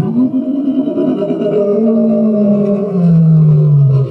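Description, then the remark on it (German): A loud, predator-like roar rumbles continuously for about four seconds, deep and growling, its pitch sinking slowly toward the end. No one speaks. “Urplötzlich ertönt ein Geräusch, als würde ein überreifer Kürbis zu Boden fallen, gefolgt von einem raubtierartigen Gebrüll.”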